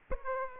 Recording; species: mosquito wingbeat signal from an infrared sensor; Aedes aegypti